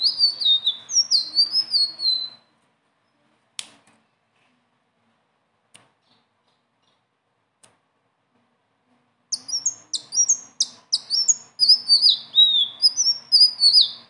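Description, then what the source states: Leafbird song: rapid strings of high whistled, downslurred notes, a burst at the start and a longer varied run after a pause of several seconds with faint clicks. Tutor recording for training cage birds; bird singing a lot, with a rolling song and filler phrases.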